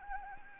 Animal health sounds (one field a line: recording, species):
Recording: mosquito wingbeat signal from an infrared sensor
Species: Anopheles arabiensis